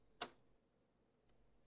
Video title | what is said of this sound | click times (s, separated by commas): Unboxing and Setting Up the HP Envy 5530 e All in One Printer HP | close the lock lever until it snaps into place now | 0.2 s